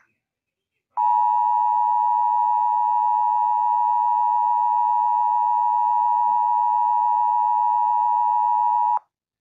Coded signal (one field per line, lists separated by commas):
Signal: Emergency Alert System (SAME) tones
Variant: 853 and 960 Hz attention tone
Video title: EAS Alert #10 (WUTP) - Required Monthly Test.